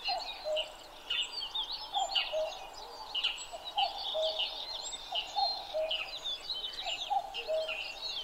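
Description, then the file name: Common cuckoo calling cuck-oo, paired falling notes repeated, with many other birds chirping and warbling above throughout. Recorded 12 June 2011 at 03:53. "kakkou 20110612-0353"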